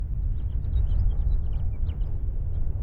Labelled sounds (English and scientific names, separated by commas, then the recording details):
House Finch (Haemorhous mexicanus) song
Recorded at Nassau on Long Island, New York, on 21 May 1975
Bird A